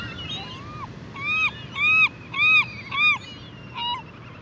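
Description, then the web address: California gull calling: several loud, ringing, arched notes in quick succession, with a softer final note and faint background noise. "Dan Gibson Wildlife Identification By Sound, Western North America. California Gull"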